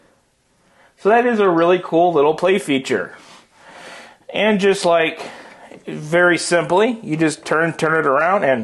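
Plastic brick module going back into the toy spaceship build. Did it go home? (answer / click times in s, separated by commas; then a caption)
no / none. A plastic brick module of a Lego Icons Classic Galaxy Explorer toy spaceship build is turned around by hand to go back into place while someone talks throughout. Nothing has seated or clicked yet by the end of the clip.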